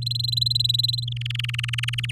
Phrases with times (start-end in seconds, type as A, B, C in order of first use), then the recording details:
0.02-1.05 A, 1.07-2.11 B. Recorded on 8 May 2018 at 06:14. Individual llb16